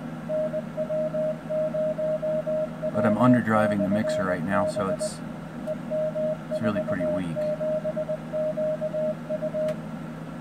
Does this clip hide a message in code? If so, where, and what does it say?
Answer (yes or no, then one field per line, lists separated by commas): yes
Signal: Morse code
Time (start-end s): 0.3-9.7 s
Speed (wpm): 20 wpm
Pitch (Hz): 620 Hz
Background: speech, radio noise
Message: NW0W/B EM47QU